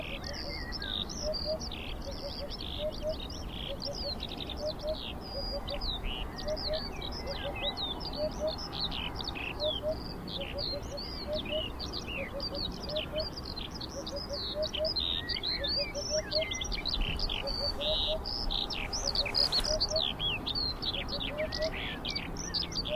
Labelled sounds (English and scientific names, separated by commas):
Eurasian Hoopoe (Upupa epops)